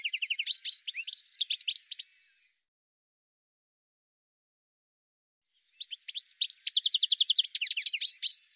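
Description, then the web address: Bird song in two rapid bursts of high chirps and trills, the first about two seconds long, then a gap of silence before a longer, busier second burst. "cianscape birddata"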